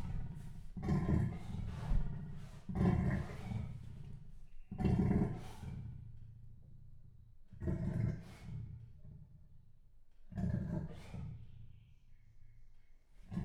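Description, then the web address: Leopard making loud, coarse grunting roars, repeated about every two to three seconds, each a harsh, breathy rasp that fades before the next. Male leopard, captive in a zoo in Jászberény, recorded in 2016. "jaszberenyizoo 2016 leopard himallat"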